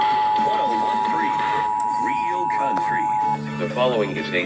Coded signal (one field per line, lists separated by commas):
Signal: Emergency Alert System (SAME) tones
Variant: 853 and 960 Hz attention tone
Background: speech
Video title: 1/19/21 THANKS MISSOURI FOR THAT [EAS #374 - #375 - #376 - #377]